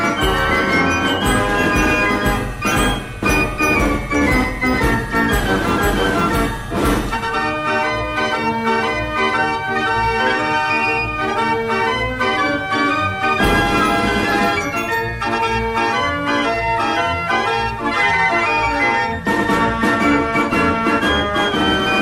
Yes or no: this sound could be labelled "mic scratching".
no